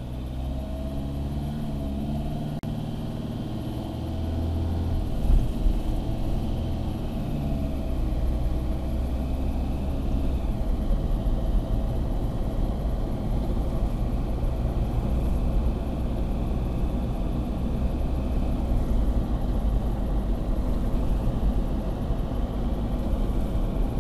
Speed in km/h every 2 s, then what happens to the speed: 17, 27, 35, 43, 49, 52, 56, 59, 61, 63, 65, 65.
0-24 speeds up to 65.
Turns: none.